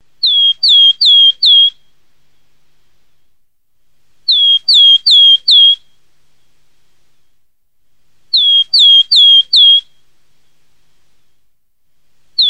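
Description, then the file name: Willow tit repeating short series of four high, clear descending whistles roughly every four seconds, a new series starting at the very end. "HOMOTIAINEN"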